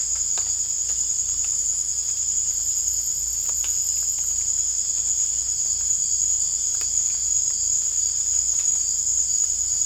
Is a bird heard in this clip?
no